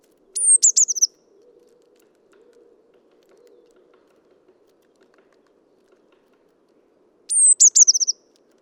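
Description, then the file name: Eurasian blue tit giving two very high calls about seven seconds apart, each a thin falling note with a quick trill, with faint low sounds between. "Cyanistes caeruleus"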